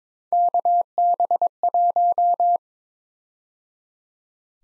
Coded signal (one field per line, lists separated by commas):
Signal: Morse code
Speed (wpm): 22 wpm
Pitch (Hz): 700 Hz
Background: none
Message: KB1